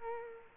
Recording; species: mosquito wingbeat signal from an infrared sensor; Culex quinquefasciatus